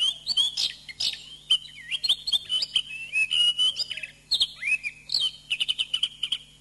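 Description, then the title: Thrush song of rapid, varied whistles, trills and sharp chips poured out almost without pause, with a few brief gaps between phrases. "Suara Burung Anis"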